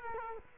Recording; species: mosquito wingbeat signal from an infrared sensor; Culex quinquefasciatus